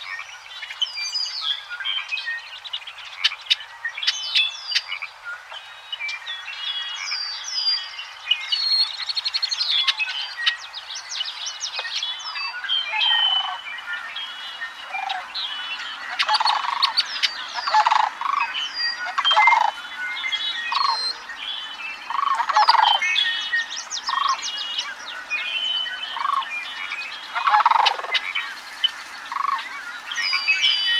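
A dawn chorus of birdsong and chirping frogs, dense and continuous, with repeated lower frog-like calls pulsing through the second half.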